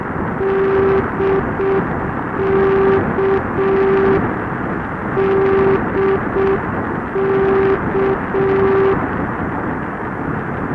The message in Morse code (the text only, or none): DK DK